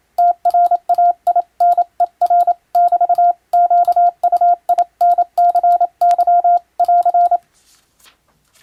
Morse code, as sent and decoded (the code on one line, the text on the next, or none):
- .-. .- .. -. . .-. / -...- / --.- ..- .. -. -.-. -.-- / .-.-.
TRAINER <BT> QUINCY <AR>